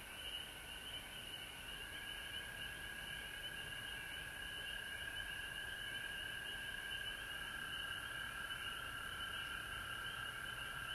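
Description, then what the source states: Frogs in full chorus, a relentless overlapping trill at two pitch levels with a thin high whine, steady throughout. Several frogs recorded at home in Georgia on March 19, 2020.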